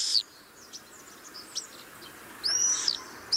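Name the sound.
common swift calls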